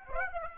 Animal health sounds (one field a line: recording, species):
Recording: mosquito wingbeat signal from an infrared sensor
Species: Aedes aegypti